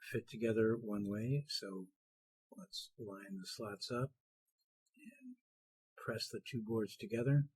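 A compute module's slots are lined up with the connectors of a carrier board before the two boards are pressed together. Someone talks throughout with short pauses, and there is a faint low sound near 5.1 seconds. Nothing has seated or clicked yet.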